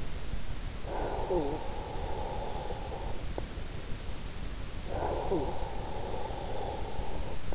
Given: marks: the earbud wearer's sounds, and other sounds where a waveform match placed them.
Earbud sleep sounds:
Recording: sounds in sleep by an in-ear microphone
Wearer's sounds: snoring breath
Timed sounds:
0.55-3.55 s: snoring breath
4.55-7.55 s: snoring breath

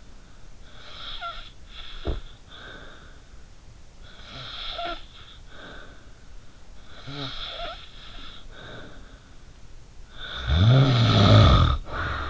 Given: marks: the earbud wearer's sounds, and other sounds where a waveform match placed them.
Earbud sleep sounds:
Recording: sounds in sleep by an in-ear microphone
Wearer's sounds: snoring breath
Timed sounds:
0.00-12.30 s: snoring breath

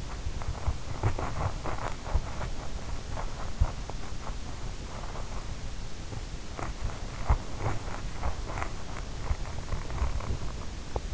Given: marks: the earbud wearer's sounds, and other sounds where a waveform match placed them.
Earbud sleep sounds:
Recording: sounds in sleep by an in-ear microphone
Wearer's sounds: body movement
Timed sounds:
0.00-11.14 s: body movement

